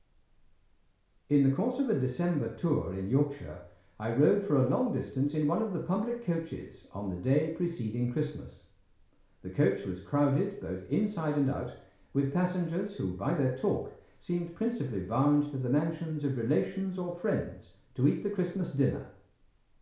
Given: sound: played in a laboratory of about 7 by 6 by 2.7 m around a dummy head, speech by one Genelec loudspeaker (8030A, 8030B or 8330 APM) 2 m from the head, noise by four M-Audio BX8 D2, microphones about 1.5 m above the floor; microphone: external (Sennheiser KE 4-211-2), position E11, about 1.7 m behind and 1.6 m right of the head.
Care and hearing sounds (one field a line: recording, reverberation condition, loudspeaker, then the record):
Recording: male speech in English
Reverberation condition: medium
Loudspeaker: 150 degrees to the right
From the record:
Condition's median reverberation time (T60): about 510 ms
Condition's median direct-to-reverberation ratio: about -0.5 dB